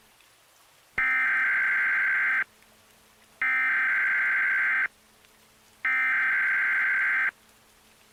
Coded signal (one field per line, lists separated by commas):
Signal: Emergency Alert System (SAME) tones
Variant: header bursts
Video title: EAS Scenario - Hudson River Valley Flood